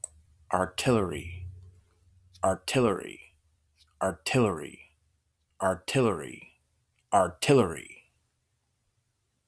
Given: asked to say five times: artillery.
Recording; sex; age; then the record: repeated word; male; 30 to 39 years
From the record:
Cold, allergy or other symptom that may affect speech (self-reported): no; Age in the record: 36 years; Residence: United States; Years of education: 14